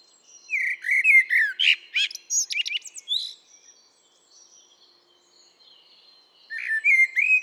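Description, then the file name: Eurasian blackbird song of mellow, sliding whistles mixed with sharp high chirps and squeaks, a pause with faint bird sounds, then a new fluted phrase starts. "Turdus merula"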